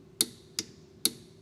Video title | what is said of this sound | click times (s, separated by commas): Torquing Wheels To Spec | that's the torque wrench clicking it's a little pop of the handle and now it's properly tightened to 80 foot-pounds | 0.2 s